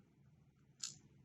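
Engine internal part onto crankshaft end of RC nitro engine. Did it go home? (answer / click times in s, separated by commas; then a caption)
yes / 0.8 s. A small metal part is popped onto the end of the crankshaft of a nitro RC engine during a rebuild, with the piston held at its highest point. Over a low, steady background, a sharp bright snap at 0.8 s marks the part seating onto the shaft end.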